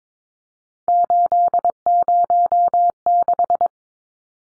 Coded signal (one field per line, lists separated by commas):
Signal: Morse code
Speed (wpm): 22 wpm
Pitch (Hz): 700 Hz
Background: none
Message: 806